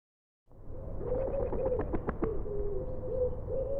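Common wood pigeon giving soft, low cooing notes in a loose sequence, partly overlaid by brief clicking or rustling sounds in the middle.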